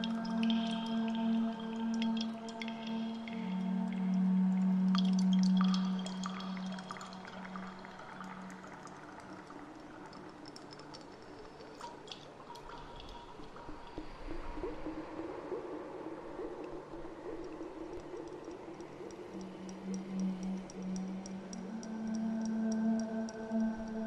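Under the sea, a siren's song drifts through: low, sustained tones hold steady, swelling loudest around four to six seconds and again near the end. Water sounds run throughout, with scattered clicks and ticks, and a brief bubbling wash appears around fifteen seconds.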